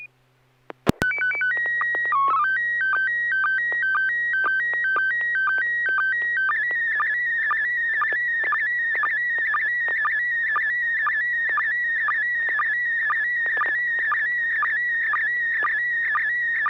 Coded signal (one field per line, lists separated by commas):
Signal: SSTV (slow-scan television)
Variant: PD 120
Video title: N6NA SSTV Net - 03/20/2024